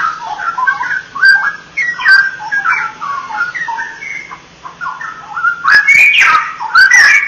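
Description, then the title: Oriental magpie-robin song of fluty whistles and slurred notes in an irregular stream, ending in louder, harsher rapid phrases; a soft low hum runs throughout. "Kicau Kacer"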